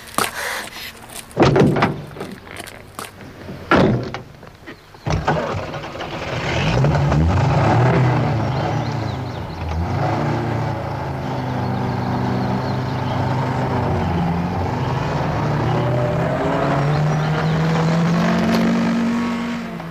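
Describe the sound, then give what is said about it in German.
A few sharp thuds of car doors slamming, then an engine starts and revs hard, roaring steadily as the car speeds away. No voices. “Jetzt zum Wagen und schnell weg.”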